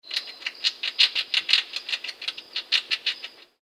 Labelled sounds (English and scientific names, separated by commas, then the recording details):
Brown Rat (Rattus norvegicus)
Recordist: Tembrock, Günter
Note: Nagen